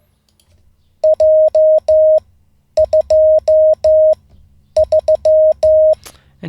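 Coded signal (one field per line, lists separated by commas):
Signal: Morse code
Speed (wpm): 15 wpm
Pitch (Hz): 620 Hz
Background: none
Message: J 2 3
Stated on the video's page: A ham learning Morse, day 47 of daily ten-minute practice, live streamed.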